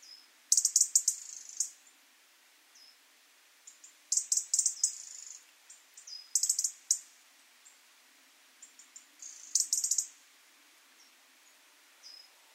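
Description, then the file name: European robin calls, repeated bursts of fast sharp high ticks with a few thin high notes in the pauses. "Erithacus rubecula"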